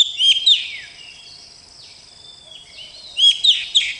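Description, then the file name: Oriental magpie-robin song: two short bursts of sharp whistles and chirps at start and end, with a quieter thin hiss and soft slurred notes between. Rolling song from a masteran (tutoring) recording. "kacer masteran ngerol"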